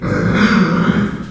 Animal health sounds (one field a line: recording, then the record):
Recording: squeal of a Yucatan mini pig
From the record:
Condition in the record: after surgery on the right vocal fold (resection and tissue-engineered implant)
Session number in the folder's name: 12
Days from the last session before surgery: 105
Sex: female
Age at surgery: 19 weeks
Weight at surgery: 25 kg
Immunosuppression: prednisolone